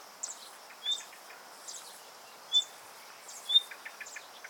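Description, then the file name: Common nightingale calls: short, sharp whistled notes at intervals of a second or more, with fainter high chirps and soft ticking notes in between. "Luscinia megarhynchos"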